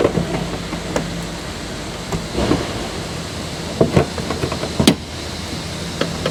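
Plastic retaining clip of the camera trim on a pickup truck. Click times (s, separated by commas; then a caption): 4.9 s. A plastic retaining clip on the camera trim of a Ford pickup truck, one of four clips holding the trim panel or camera housing, is worked free. Several sharp plastic snaps and knocks sound over steady background noise, the loudest at 4.9 s, when the clip pops loose and releases.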